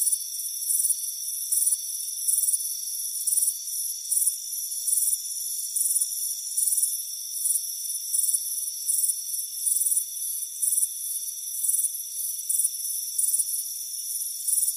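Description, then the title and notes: Cricket chirps, bright and rhythmic, repeating steadily above a constant shrill hum. Crickets chirping on a front porch on a warm afternoon. "Soothing Crickets Chirping Sound. It's a warm afternoon as you relax in a hammock on the front porch"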